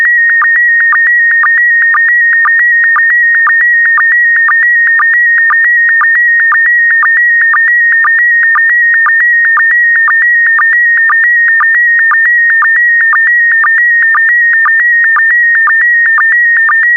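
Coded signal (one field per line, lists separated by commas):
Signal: SSTV (slow-scan television)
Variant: PD120 mode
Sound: steady warbling tone around 1.9 kHz with short low blips twice a second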